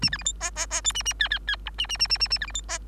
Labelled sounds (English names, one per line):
Bengalese Finch song